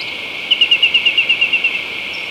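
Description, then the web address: Rufous antpitta call, about a dozen evenly spaced whistled notes in a quick run, heard over a steady band of high hissing background noise. Ecuador. "Birds of Ecuador 2. Rufous Antpitta"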